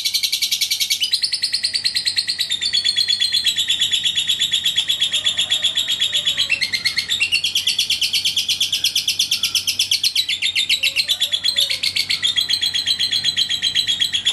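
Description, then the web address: Lovebird chattering: a fast, unbroken stream of shrill, buzzy high-pitched notes that shift in pitch and run throughout. "love-bird suara-lovebird-paud"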